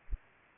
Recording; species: mosquito wingbeat signal from an infrared sensor; Culex pipiens